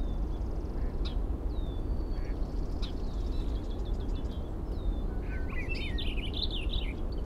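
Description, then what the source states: Birds singing, several thin whistled notes and short chirps over a steady low rumble of background noise. Recorded at 05:55.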